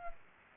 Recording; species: mosquito wingbeat signal from an infrared sensor; Culex pipiens